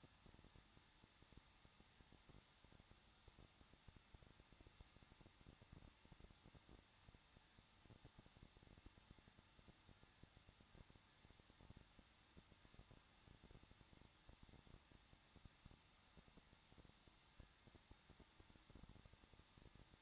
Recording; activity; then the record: daily activity, microphone in the room; no activity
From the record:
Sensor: 3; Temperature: 21.2 degrees Celsius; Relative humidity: 36.3%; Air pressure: 1006.3 hPa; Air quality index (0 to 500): 222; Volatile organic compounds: 41 ppm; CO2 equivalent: 3172 ppm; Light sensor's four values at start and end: 2/3/2/2 and 2/3/2/2